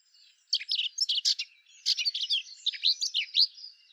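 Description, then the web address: Eurasian blackcap warbling song in two bursts of quick, jumbled chirps and slurred notes. "SETE data Sylvia atricapilla"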